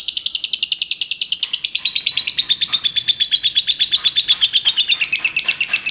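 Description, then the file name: Lovebird song: a long, fast chattering trill of sharp, high buzzy notes, gradually dipping then rising again in pitch. Lovebird of the liontin type. "audio lovebird liontin omkicau"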